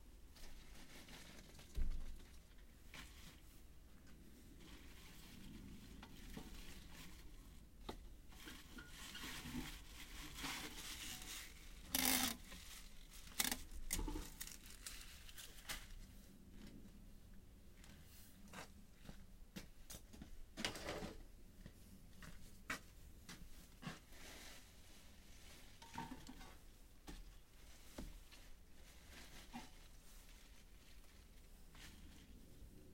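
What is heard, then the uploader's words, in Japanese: Harvested mizukake-na greens are weighed on a scale and wrapped into bundles with tape in the evening. Soft rustling and crinkling of leaves runs throughout, broken by sharp clacks and taps, loudest near 2, 12 and 21 seconds, with a faint low hum underneath. 夕方、収穫してきた水かけ菜の、出荷準備をしています。秤で重さをはかり、テープで巻き付けて束にしていきます。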